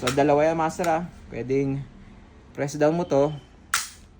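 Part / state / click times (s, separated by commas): slide on an airsoft pistol frame / released / 3.7 s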